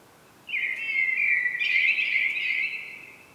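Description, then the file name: Common blackbird giving one long phrase: a sustained, rich whistled warble with a brighter twittering layer added midway, fading out at the end. "Turdus merula"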